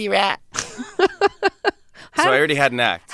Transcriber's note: soundbite of laughter